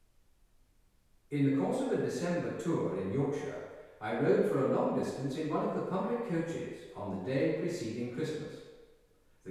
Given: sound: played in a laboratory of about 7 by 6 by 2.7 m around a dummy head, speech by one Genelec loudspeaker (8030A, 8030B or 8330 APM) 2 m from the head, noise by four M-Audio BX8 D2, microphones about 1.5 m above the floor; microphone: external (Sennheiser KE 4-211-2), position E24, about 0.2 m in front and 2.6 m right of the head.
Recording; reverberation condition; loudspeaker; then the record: male speech in English; high; 120 degrees to the left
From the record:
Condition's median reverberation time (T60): about 1300 ms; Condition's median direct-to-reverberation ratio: about -4.0 dB